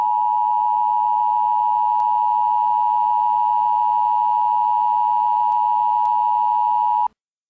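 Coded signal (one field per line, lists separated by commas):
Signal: Emergency Alert System (SAME) tones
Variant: 853 and 960 Hz attention tone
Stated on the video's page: Fictional EAS scenario built around an urban legend, not a real alert.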